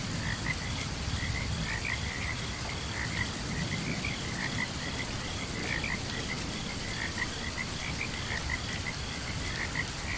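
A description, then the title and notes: Frogs call without pause, a dense chorus of short repeated chirps and croaks layered over one another. Beneath them runs a steady low rumble and hiss, like heavy rain and weather, holding even and unbroken through the whole clip. Frogs and Crickets Chirping During Thunderstorm.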